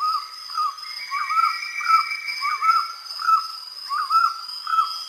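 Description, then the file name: Collared puffbird song, repeated doubled notes over a steady high drone. "Canto do rapazinho de colar"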